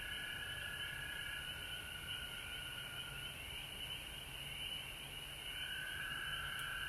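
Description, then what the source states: Frogs in full chorus, a sustained high trilling drone with a pulsing upper band, briefly brightening near the end. Recorded at home in Georgia on March 19, 2020.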